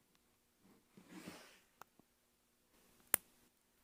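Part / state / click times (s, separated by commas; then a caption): bracelet clasp tongue into box lock / seated / 3.1 s. After the chain is fed all the way down to the clasp, the metal box-lock tongue of a Cuban link bracelet is pushed into its housing, which takes effort to close. Soft rustling and a couple of faint ticks come first, then the clasp snaps shut with one sharp, loud click at 3.1 s, seating it.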